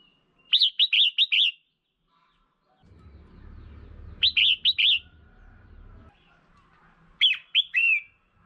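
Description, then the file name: Red-whiskered bulbul calling in three short bursts of a few lilting, slurred notes, with a low rumbling noise in the middle stretch. Female bird. "Tieng chao mao mai"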